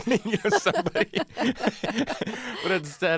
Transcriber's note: laughter